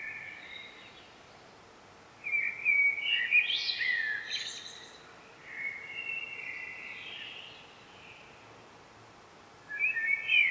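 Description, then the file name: Common blackbird singing three separate phrases with pauses between, fluty warbling with higher squeaky twitters, the last phrase cut off at the end, over quiet background hiss. "Turdus merula"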